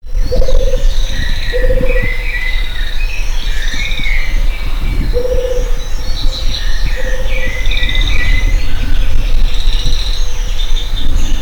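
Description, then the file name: Rufous-capped motmot calls as brief, low, hollow hoots spaced a few seconds apart, with many other birds chirping and whistling above. Itatiaia National Park, Brazil; dated 25-10-03. "Baryphthengus-ruficapillus-Itatiaia NP-Brazil-25-10-03-MD-ASilveira"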